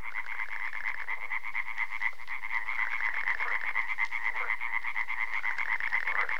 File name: løvfrø